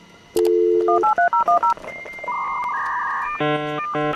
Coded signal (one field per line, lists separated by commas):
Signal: DTMF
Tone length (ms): 120 ms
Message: 183010